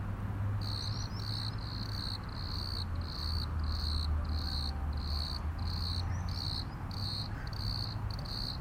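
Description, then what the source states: Cricket chirps in a regular series of brief bright pulses, with a constant low hum underneath. Crickets at Plaiaundi ecological park, Irún, Spain, on the border of the Spanish state.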